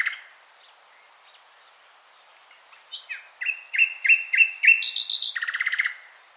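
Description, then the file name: Common nightingale song: after quiet soft notes, a loud sequence of repeated whistles followed by a fast buzzy rattling trill. "Luscinia megarhynchos"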